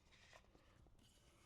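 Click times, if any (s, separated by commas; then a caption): none. Plastic cups and a lid are fitted and pressed onto a flask, making soft scraping and rubbing handling sounds with no distinct click. Nothing has seated or clicked yet, and the cup fails to lock onto the flask.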